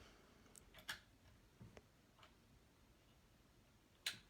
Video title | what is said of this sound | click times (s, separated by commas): Adventure Abounds block - vid 5 - The Splendid Sampler 2 quilt along - LIVE sewing (replay) | So that just kind of clicks right in here. | 4.1 s